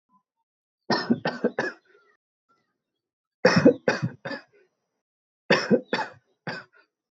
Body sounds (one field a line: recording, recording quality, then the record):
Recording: shallow voluntary cough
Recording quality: excellent, no background noise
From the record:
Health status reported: healthy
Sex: male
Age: 60 years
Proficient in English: yes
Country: India